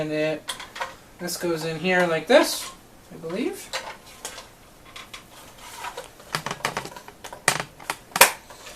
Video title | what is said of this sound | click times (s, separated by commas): Power Rangers Morpher Comparison | Okay, clicks into place. | 7.5 s